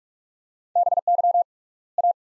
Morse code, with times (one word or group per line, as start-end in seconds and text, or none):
0.8-1.4 BY
2.0-2.1 A